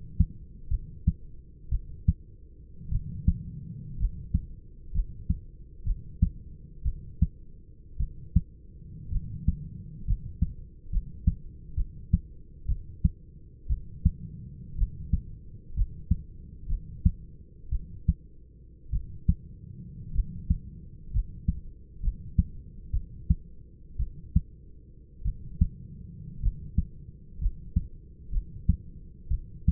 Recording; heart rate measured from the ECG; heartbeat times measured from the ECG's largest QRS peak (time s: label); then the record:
heart sounds by stethoscope; 59 bpm
0.69 s: heartbeat
1.70 s: heartbeat
2.90 s: heartbeat
3.98 s: heartbeat
4.93 s: heartbeat
5.84 s: heartbeat
6.84 s: heartbeat
7.98 s: heartbeat
9.10 s: heartbeat
10.06 s: heartbeat
10.91 s: heartbeat
11.75 s: heartbeat
12.67 s: heartbeat
13.68 s: heartbeat
14.77 s: heartbeat
15.75 s: heartbeat
16.68 s: heartbeat
17.70 s: heartbeat
18.91 s: heartbeat
20.13 s: heartbeat
21.12 s: heartbeat
22.01 s: heartbeat
22.92 s: heartbeat
23.98 s: heartbeat
25.23 s: heartbeat
26.41 s: heartbeat
27.39 s: heartbeat
28.31 s: heartbeat
29.29 s: heartbeat
From the record:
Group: healthy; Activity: rest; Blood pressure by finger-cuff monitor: 151/66 mmHg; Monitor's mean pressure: 90 mmHg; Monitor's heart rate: 60 bpm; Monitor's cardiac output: 6.4 L/min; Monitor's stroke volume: 106 mL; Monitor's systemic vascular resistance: 1030 dyn s/cm5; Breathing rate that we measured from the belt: 11 breaths a minute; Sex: male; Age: 25 years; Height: 170 cm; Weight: 70.4 kg